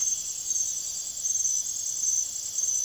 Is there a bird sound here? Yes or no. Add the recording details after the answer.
no. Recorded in secondary vegetation near Puerto Asís, Putumayo, Colombia, on 23 June 2025 at 00:30. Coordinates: 0.489, -76.322. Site G021